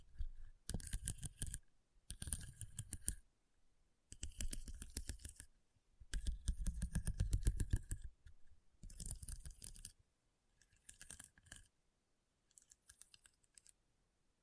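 Rhinestones are tapped and scratched in short bursts of quick, crisp clicks. Each burst lasts a second or two and is separated by brief silences. The first eight seconds are dense and fairly loud, and the later bursts grow shorter and lighter.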